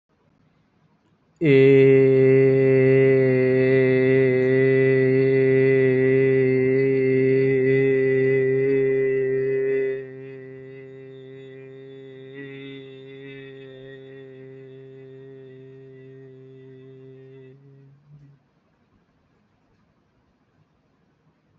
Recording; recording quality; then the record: sustained vowel as in made; excellent, no background noise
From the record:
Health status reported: healthy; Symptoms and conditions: none ticked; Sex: male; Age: 23 years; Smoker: not ticked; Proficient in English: yes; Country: India